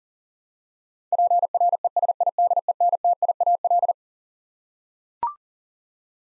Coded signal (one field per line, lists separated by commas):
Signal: Morse code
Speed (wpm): 37 wpm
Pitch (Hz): 700 Hz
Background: none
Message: PRESIDENTIAL